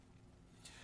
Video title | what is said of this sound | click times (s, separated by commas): World of Watches TV Show: 10/05/2015 6-9 pm | and that buckles into place, and it is simple snap, and once it snaps, it's locked into place, and it's a pry apart. | 0.7 s